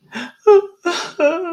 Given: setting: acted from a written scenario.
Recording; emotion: vocal sound without words; sadness